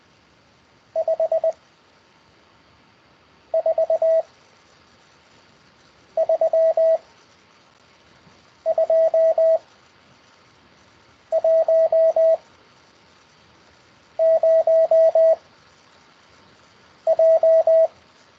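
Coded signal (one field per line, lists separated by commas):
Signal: Morse code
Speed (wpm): 20 wpm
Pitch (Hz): 650 Hz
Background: radio noise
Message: 5 4 3 2 1 0 J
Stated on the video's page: Morse code practice lesson conducted over Skype.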